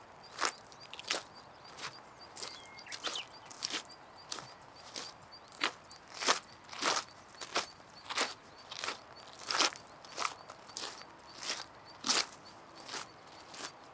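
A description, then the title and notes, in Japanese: Footsteps crunch over rocky riverbank stones at a steady walking pace, about two steps per second, with a faint high chirping in the background. 砂利道を歩いて河川敷へ。耳で多摩川の冒険へでかけましょう。石がゴロゴロ転がった河川敷を歩きながら川を目指します。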